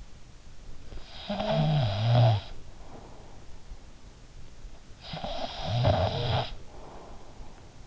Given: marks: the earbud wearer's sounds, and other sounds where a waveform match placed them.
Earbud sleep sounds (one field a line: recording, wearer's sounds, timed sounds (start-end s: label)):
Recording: sounds in sleep by an in-ear microphone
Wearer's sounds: snoring breath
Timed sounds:
0.68-3.79 s: snoring breath
4.65-7.87 s: snoring breath